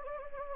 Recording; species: mosquito wingbeat signal from an infrared sensor; Anopheles gambiae